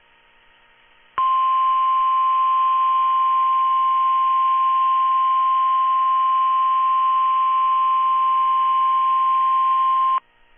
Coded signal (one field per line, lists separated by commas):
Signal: Emergency Alert System (SAME) tones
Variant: 1050 Hz attention tone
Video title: Your average NWR Weekly Tests (EAS #1117-#1128)